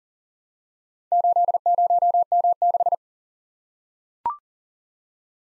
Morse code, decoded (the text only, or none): 80M6